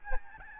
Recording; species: mosquito wingbeat signal from an infrared sensor; Aedes albopictus